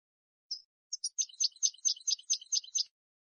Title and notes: Cd de canto de jilguero limpio para copia.